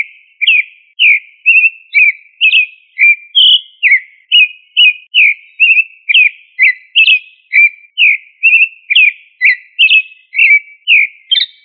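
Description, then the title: Thrush singing a steady run of short, clear whistled notes, about two per second, with some notes slurring down and others rising. "Familia Turdidae - Sabia"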